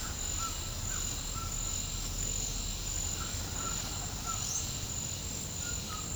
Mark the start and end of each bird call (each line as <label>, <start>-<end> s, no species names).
bird call, 0.01-1.81 s
bird call, 3.12-4.69 s
bird call, 5.54-6.15 s